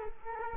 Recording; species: mosquito wingbeat signal from an infrared sensor; Culex quinquefasciatus